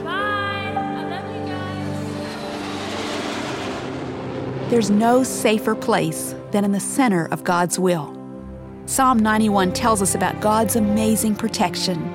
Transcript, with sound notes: Bye, I love you guys. (jet plane taking off)
There’s no safer place than in the center of God’s will. Psalm 91 tells us about God’s amazing protection.